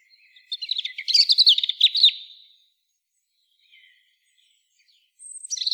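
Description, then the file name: European robin song, a rapid jumble of high thin whistles and trills lasting about two seconds, then quiet, with another high phrase starting near the end. "Erithacus rubecula"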